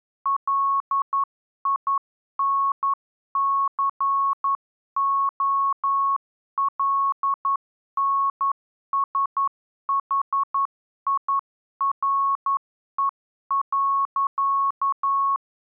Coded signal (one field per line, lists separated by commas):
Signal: Morse code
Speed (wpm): 11 wpm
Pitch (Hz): 1100 Hz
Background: none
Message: LINCOLNSHIRE.